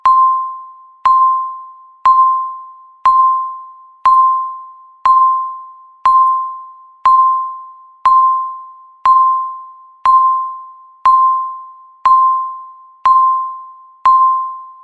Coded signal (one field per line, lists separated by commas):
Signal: radio time signal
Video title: 137 Seconds Countdown Timer with Beep Sound | 137s Alarm Timer Loud Noise When Ends 1080p Full HD